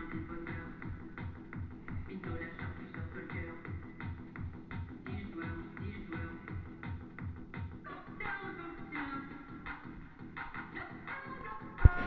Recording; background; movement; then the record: deep breathing; music; sitting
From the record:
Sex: male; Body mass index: 21.0 kg/m2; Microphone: on the chest, facing the body